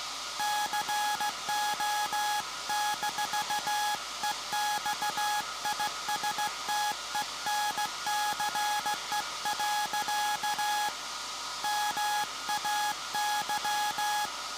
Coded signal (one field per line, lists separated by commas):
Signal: Morse code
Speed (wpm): 17 wpm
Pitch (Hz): 840 Hz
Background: none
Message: CO-EXISTENCE. MAY